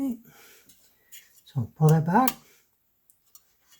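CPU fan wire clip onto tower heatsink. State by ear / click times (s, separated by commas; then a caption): seated / 3.4 s. Someone talks briefly while the wire retention clip of a CPU fan is pulled back over the fins of a tower heatsink on its second side. A small click at 3.4 seconds marks the clip seating into place on the heatsink.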